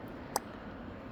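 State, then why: Seated. The plastic locking tab of a 2017 Kia radiator hose quick connector is pushed back into place in its notch. A single sharp click sounds at 0.4 s over a low, steady background. The tab is seated and locked in.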